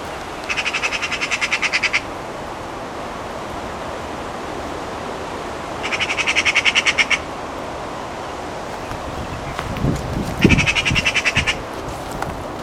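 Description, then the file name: Eurasian magpie giving harsh rattling chatters, each a rapid burst of many dry notes lasting about a second or more, three bursts spaced several seconds apart, with some rustling and wind. "Pica pica"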